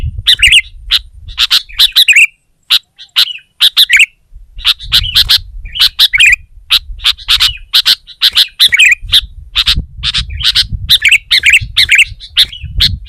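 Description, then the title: Sooty-headed bulbul song of harsh chirps and bubbly slurred phrases delivered in bursts with short pauses, over a low background rumble. "kutilang"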